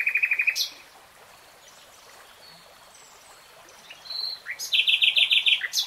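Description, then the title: Nightingale song: a rapid rattle of repeated notes, a quiet gap with faint soft phrases, then another fast run of repeated high notes. Nightingale singing, recorded in real time. "[Tiếng chim hót] Nightingale Singing"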